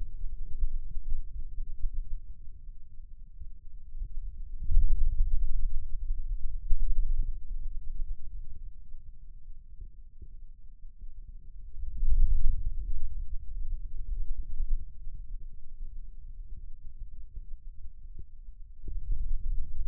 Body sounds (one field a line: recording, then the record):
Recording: forearm muscle sounds (acoustic myography)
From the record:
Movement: radial deviation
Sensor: system 2, bracelet of six BSWA MPA416 microphones around the upper forearm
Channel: 1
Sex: male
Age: 22 years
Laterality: right